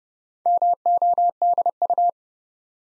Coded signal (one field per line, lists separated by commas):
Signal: Morse code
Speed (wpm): 30 wpm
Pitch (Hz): 700 Hz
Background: none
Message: MODU